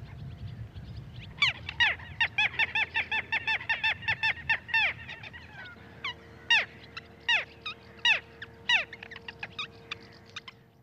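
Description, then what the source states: Little Gull calling: a rapid run of nasal clipped notes early on, then slower single calls with pauses between them, over low background noise with a steady hum in the later part. Lone bird flying north at about 100 m height in strong wind, calling 'dääkkä dääkkä', possibly heading for northern breeding reedbeds.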